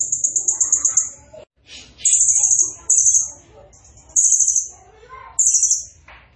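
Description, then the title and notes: Blue-crowned hanging parrot giving shrill, high-pitched buzzy trills in repeated bursts about a second long, broken by lower chattering and warbled notes. Vigorously calling bird; recording is used as a masteran lure and training sound for other songbirds. "Burung Serindit Nembak Gacor Bikin Emosi Semua Burung. Suara Nasteran Dan Pemikat Burung Serinditan Gacor"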